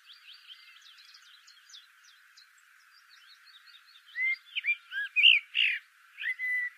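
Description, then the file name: Common blackbird singing a rich fluty phrase of whistles with a scratchy flourish, after several seconds of faint, rapid high twittering in the background. "Turdus merula"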